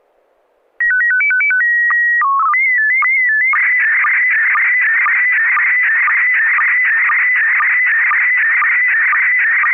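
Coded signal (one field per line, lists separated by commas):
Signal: SSTV (slow-scan television)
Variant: PD 120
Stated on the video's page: SSTV images on a weekly net via FM repeater on 441.300 MHz, sent with MMSSTV.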